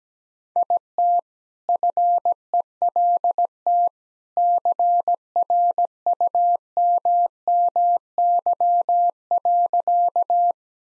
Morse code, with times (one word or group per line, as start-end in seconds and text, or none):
0.6-1.2 IT
1.7-3.9 FELT
4.4-10.5 CRUMMY.